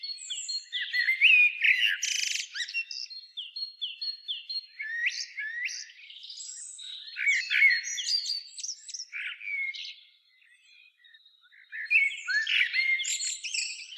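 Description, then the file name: Common blackbird song: continuous mix of rapid chirps, squeaky notes and twitters, briefly quieter near the end before resuming. "Turdus merula"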